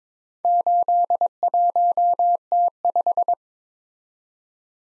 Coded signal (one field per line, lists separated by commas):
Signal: Morse code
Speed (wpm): 22 wpm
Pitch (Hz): 700 Hz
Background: none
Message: 81T5